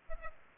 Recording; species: mosquito wingbeat signal from an infrared sensor; Aedes aegypti